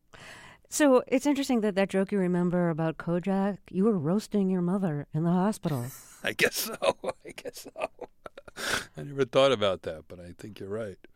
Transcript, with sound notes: So it's interesting that that joke you remember about Kojak - you were roasting your mother in the hospital.
(Laughter) I guess so. I guess so. I never thought about that, but I think you're right.